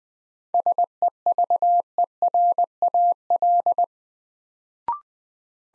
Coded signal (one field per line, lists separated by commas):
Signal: Morse code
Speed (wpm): 20 wpm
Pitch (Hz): 700 Hz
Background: none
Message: SEVERAL